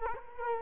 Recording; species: mosquito wingbeat signal from an infrared sensor; Culex quinquefasciatus